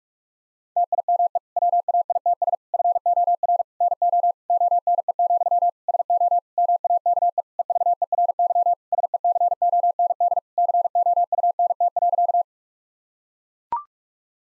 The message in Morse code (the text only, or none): TIME WAITS FOR NO ONE, SO MAKE EVERY SECOND COUNT.